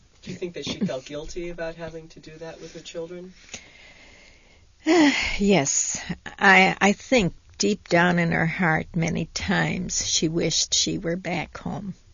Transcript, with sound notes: Do you think that she felt guilty about having to do that with her children?
( she sighs ) Yes. I think, deep down in her heart, many times she wished she were back home.